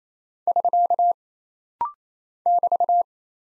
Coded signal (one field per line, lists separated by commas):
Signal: Morse code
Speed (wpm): 27 wpm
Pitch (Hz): 700 Hz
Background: none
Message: <SK> <BT>